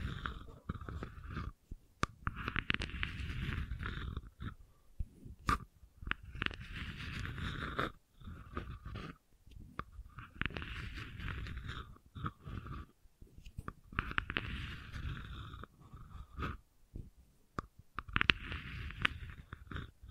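Gentle scratching comes in short rubbing bursts, each lasting a second or two, separated by brief silent gaps throughout. The strokes have a soft, raspy upper edge over a dull low rumble, with occasional sharper clicks and a fairly steady, unhurried rhythm.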